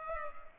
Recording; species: mosquito wingbeat signal from an infrared sensor; Culex pipiens